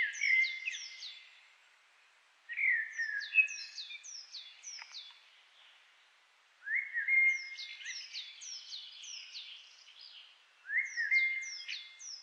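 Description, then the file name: Common blackbird singing short, mellow whistled phrases about every four seconds, alongside series of high, sharply descending notes. "Turdus merula"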